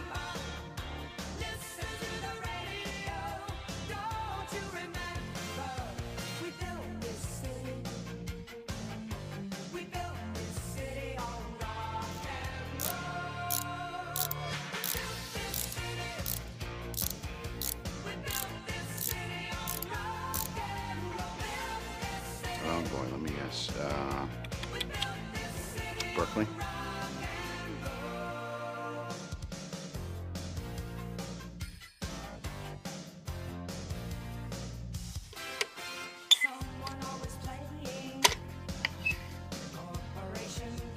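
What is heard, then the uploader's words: Music plays steadily throughout with mechanical whirring and tinkering, sharp clicks and taps, and a brief sudden drop around 32 seconds. Tony Stark's Lab Ambience ASMR. This audio features mechanical whirring, tinkering sounds (hammering, drillling, etc), music.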